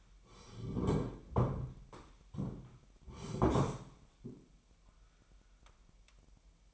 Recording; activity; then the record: daily activity, microphone in the room; sit down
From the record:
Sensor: 1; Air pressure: 998.6 hPa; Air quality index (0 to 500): 124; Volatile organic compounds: 3 ppm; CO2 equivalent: 1478 ppm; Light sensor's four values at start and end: 9/21/8/10 and 9/21/8/10